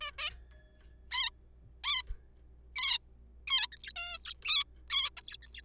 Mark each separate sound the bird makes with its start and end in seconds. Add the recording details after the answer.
0.01-0.11, 0.18-0.30, 1.11-1.30, 1.84-2.02, 2.76-2.99, 3.47-3.67, 3.72-3.77, 3.78-3.92, 3.96-4.17, 4.17-4.33, 4.45-4.64, 4.90-5.09, 5.17-5.21, 5.21-5.37, 5.42-5.46, 5.47-5.63. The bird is a juvenile. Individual R3428